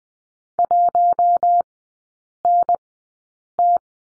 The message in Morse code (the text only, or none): 1NT